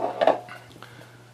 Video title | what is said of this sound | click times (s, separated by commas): GunfightersINC M14 Mag Carriers | You know, slides in perfectly, locks into place, | 0.3 s